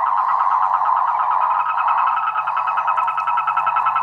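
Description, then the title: Frogs and toads chorusing, a dense overlapping drone of croaks and trills with a faint low hum underneath. Chorus of frogs and toads after spring rain, near San Javier, Córdoba region, Argentina. "Orgie de batraciens, Cordoba (AR)"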